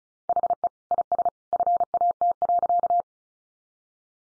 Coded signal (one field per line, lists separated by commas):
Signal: Morse code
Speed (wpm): 34 wpm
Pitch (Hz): 700 Hz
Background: none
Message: HE IS FAT.